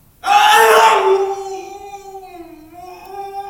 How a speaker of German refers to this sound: Und wenn er schreit, setzt man ihm die sogenannte Autenrietsche Maske auf. Da ist er kaum noch zu hören.